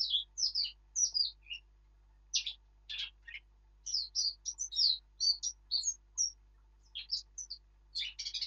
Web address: birdsong Sylvia atricapilla